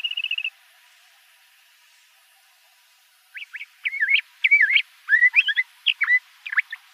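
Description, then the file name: Le Conte's thrasher song phrases: a quick trilled note first, then quiet for about three seconds before a burst of varied whistled and slurred notes. Recorded in Arizona. "LCTH 2 deviche"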